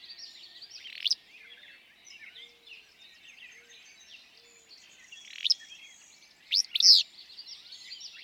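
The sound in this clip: Willow flycatcher singing sharp burry notes, with a full sneezy two-part phrase late, over busy background chirping.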